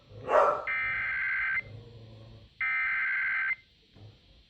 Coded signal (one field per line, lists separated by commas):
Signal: Emergency Alert System (SAME) tones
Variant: header bursts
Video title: Flash Flood Warning EAS Message on 3 FM Radio Stations (3/26/26)